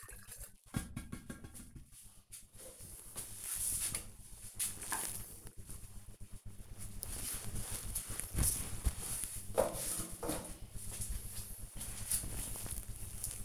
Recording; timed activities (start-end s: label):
household activities, microphone on the right wrist
none